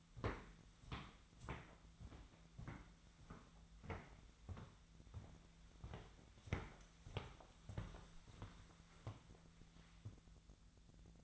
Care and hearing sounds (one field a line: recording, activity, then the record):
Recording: daily activity, microphone in the room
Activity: walk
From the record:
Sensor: 3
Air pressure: 1008.4 hPa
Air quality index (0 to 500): 193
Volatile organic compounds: 15 ppm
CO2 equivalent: 2487 ppm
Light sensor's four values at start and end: 20/49/21/21 and 19/46/20/20